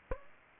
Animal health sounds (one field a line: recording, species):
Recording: mosquito wingbeat signal from an infrared sensor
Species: Aedes aegypti